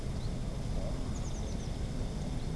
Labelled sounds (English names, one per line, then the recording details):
Eurasian Blue Tit
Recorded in Germany
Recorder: ecoPi